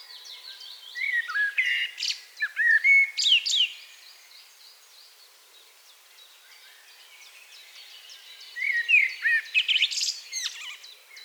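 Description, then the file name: Common blackbird song: two separate bursts of fluty slurs and rapid high twitters, with a quiet gap of about four seconds between them. "Turdus merula"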